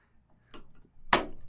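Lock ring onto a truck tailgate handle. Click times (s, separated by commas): 1.1 s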